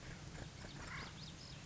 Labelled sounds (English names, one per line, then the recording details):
Acorn Woodpecker
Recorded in Sonoma County, California